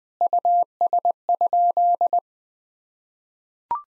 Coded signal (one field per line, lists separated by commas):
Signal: Morse code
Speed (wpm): 20 wpm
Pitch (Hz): 700 Hz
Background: none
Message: US?